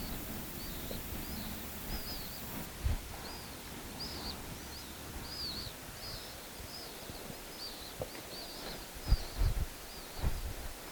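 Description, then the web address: Pale swift giving thin, arched screaming notes in a loose repeated series throughout, faint over low rumbling background noise with occasional knocks. "chant xeno-canto martinet pale"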